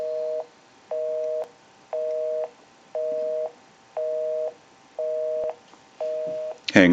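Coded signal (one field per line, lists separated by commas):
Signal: telephone call progress tone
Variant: North America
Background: speech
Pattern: busy tone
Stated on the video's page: Tone heard through a Western Electric 502 rotary desk telephone during checkout, repair and conversion.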